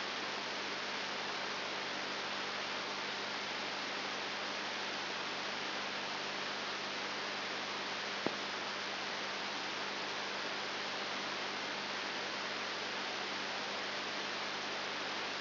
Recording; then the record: brain microelectrode recording played as sound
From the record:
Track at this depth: outside the subthalamic nucleus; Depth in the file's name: 5.7 mm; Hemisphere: left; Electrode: 3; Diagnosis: Parkinson's disease